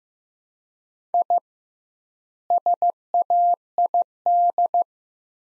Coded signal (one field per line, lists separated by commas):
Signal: Morse code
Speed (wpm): 15 wpm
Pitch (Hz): 700 Hz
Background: none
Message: I SAID